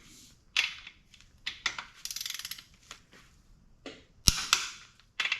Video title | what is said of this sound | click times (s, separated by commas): Frankenstein Rebuild6 Crank install | you guys heard it click | 4.3 s